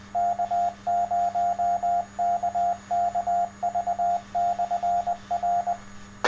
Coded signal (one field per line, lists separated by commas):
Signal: Morse code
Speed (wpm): 20 wpm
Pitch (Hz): 700 Hz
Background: none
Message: K0KKV/R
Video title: Ham radio 2 meter (146.760 MHZ ) K0KKV EVENING NET-- UNCUT